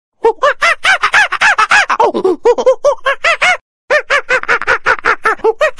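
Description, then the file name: Monkey calls, a loud run of quick, arched, squealing yelps in fast succession, a brief pause, then another excited burst of the same rising-falling notes. "monyet"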